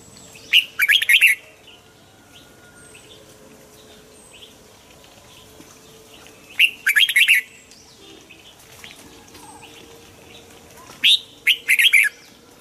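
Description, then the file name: Red-whiskered bulbul song: three crisp chirping phrases spaced several seconds apart over a steady low hum. Hue strain red-whiskered bulbul singing in the 'giọng kép' (double voice) song style. "Tieng chao mao hue hot giong kep"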